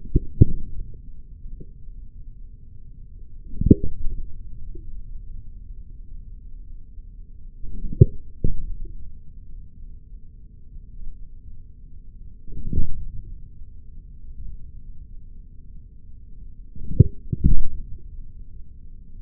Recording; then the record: forearm muscle sounds (acoustic myography)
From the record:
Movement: forearm pronation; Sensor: system 3, bracelet of six PUI Audio POM-2738L microphones around the upper forearm, with dedicated amplification and filtering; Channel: 3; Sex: male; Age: 43 years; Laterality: right